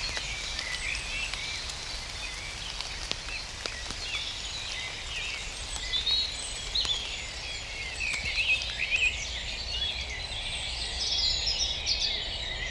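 A dawn chorus of many birds singing at once, a dense, bright tangle of chirps and trills that runs without pause. The level stays fairly steady, with a few sharp clicks scattered through and a soft low hiss underneath.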